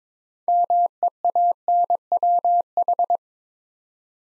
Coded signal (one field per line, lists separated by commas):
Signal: Morse code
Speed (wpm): 22 wpm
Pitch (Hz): 700 Hz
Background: none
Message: MEANWH